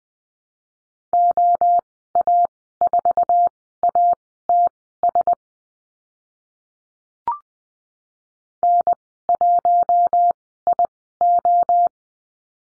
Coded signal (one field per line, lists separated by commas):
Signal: Morse code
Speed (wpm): 20 wpm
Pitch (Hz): 700 Hz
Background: none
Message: OA4ATS N1IO